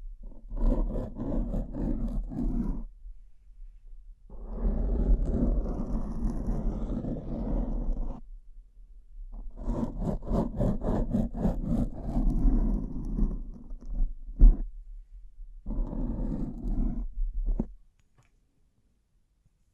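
Bling trigger sounds come in four dense bursts of rough, rustling handling separated by short pauses, with a quick run of rapid taps around ten to thirteen seconds and a single sharp click near fourteen. A low steady hum runs underneath until everything stops at eighteen seconds.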